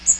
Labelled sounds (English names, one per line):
Magnolia Warbler flight call